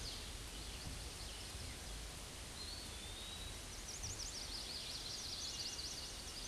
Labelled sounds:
Eastern Wood-Pewee song
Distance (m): 85 m
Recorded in a Pennsylvania forest on 18 May 2023 at 13:33
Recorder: AudioMoth, point grid1_12_low
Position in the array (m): 138 m, 187 m

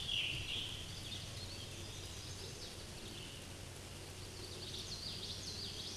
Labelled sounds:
Scarlet Tanager song
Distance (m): 40 m
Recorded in a Pennsylvania forest on 19 May 2023 at 09:57
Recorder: AudioMoth, point grid1_27_low
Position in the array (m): 161 m, 69 m

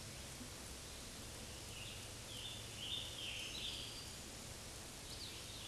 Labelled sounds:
Scarlet Tanager song
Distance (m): 75 m
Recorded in a Pennsylvania forest on 19 May 2023 at 09:54
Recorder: AudioMoth, point grid1_1_low
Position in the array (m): 161 m, 71 m

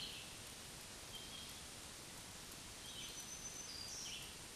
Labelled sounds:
Black-throated Green Warbler song
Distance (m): 35 m
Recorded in a Pennsylvania forest on 1 June 2023 at 07:43
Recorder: AudioMoth, point grid3_13_high
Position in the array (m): 162 m, 132 m

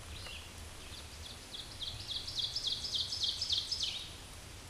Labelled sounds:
Ovenbird song
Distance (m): 25 m
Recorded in a Pennsylvania forest on 17 May 2023 at 13:00
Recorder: AudioMoth, point grid1_30_low
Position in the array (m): 172 m, 94 m

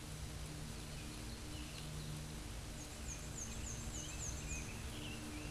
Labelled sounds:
Black-and-white Warbler song
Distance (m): 50 m
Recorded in a Pennsylvania forest on 18 May 2023 at 12:57
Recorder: AudioMoth, point grid1_37_low
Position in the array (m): 38 m, 216 m

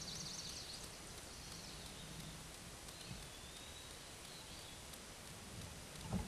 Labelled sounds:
Eastern Wood-Pewee song
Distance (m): 65 m
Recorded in a Pennsylvania forest on 17 May 2023 at 13:28
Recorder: AudioMoth, point grid1_35_low
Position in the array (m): 91 m, 136 m

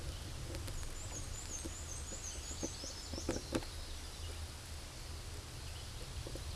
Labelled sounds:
Black-and-white Warbler song
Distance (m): 50 m
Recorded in a Pennsylvania forest on 17 May 2023 at 12:11
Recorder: AudioMoth, point grid1_4_low
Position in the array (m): 76 m, 97 m

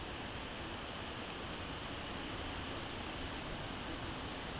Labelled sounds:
Black-and-white Warbler song
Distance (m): 55 m
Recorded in a Pennsylvania forest on 17 May 2023 at 14:21
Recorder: AudioMoth, point grid1_25_low
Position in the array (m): 61 m, 212 m

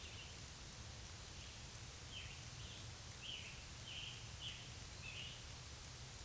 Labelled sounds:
Scarlet Tanager song
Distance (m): 70 m
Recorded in a Pennsylvania forest on 1 June 2023 at 08:06
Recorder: AudioMoth, point grid3_8_low
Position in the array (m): 161 m, 143 m

